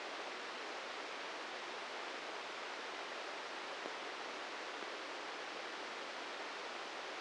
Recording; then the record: brain microelectrode recording played as sound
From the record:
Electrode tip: inside the subthalamic nucleus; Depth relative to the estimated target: -2 mm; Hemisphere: right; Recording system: NeuroSet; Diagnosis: Parkinson's disease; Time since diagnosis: 13 years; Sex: male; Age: 63 years